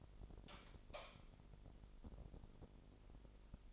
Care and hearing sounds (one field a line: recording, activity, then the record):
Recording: daily activity, microphone in the room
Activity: light on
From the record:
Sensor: 5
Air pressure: 995.5 hPa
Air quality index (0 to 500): 95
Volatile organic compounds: 5 ppm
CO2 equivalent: 1804 ppm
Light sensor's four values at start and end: 34/80/33/33 and 36/86/35/35